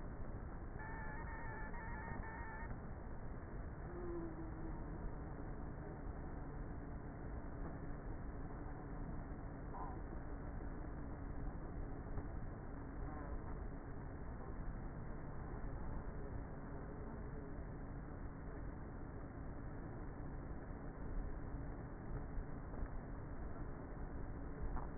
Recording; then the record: honeybee colony, microphone inside the hive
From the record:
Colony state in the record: queenless with a low population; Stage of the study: before two queens were removed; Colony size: about 30,000 bees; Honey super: no